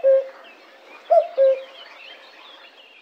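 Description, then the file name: Common cuckoo giving a single low note, then a clear two-note cu-coo with the second note lower; faint birdsong behind. "cuculo"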